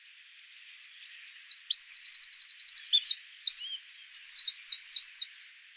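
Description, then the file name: Eurasian wren singing a high, energetic burst of tinkling notes, with an even machine-gun trill in the middle and brisk chirped phrases to finish. "Troglodytes troglodytes"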